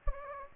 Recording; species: mosquito wingbeat signal from an infrared sensor; Anopheles gambiae